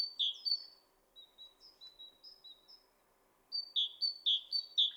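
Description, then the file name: Great tit calls, bright high notes in a busy opening burst, then a string of thin soft notes, then a rapid repeated run of sharp calls over a low steady hum. "Parus major"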